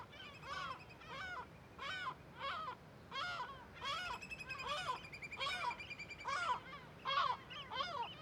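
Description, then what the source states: Gulls giving alarm calls: loud, harsh, nasal barking calls repeated steadily, with a long high rattling trill in the background. Wild gulls and other birds in a huge cliff amphitheatre above Viðarlundin forest, Kunoy, Faroe Islands, alarmed by the recordist; quadraphonic recording with MixPre6II and DPA microphones.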